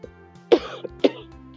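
An adult coughs twice in quick succession.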